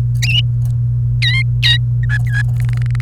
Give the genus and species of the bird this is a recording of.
Serinus canaria